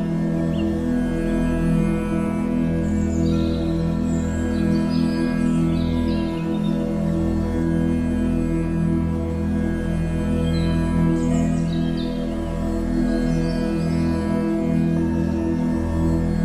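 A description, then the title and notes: Soft, sustained low tones hum steadily throughout, layered and slowly swelling without sharp attacks. Faint bird chirps and twitters drift in high above, clustered around the first third and again near the end. Relaxing flute music with forest sounds.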